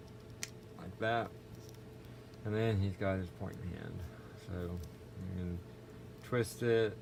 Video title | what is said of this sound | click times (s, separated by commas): Star Wars The Black Series SDCC Exclusive Bespin Han Solo/Exogorth Escape Set Hands-On Reivew | this hand just goes in here I'll hear it snap like | 0.4 s